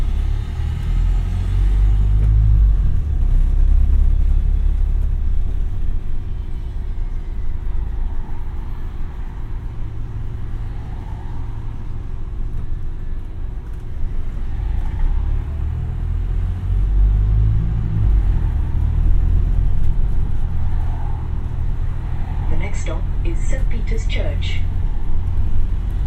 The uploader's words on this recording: Bus 49, Brighton. Take a ride on a bus from Brighton towards Moulsecoomb.